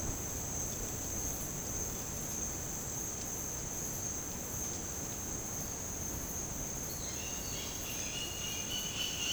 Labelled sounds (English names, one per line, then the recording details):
Roadside Hawk
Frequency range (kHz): Roadside Hawk 1.6-6.4 kHz
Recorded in dense forest near Puerto Asís, Putumayo, Colombia, on 30 June 2025 at 11:30
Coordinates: 0.486, -76.317
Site G065